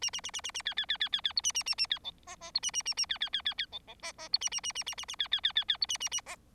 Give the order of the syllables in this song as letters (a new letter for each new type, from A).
A A A A A A B B B B B B C A A A A B D E E C A A A A B B B B B D D E E C A A A A A A A B B B B B C A A A E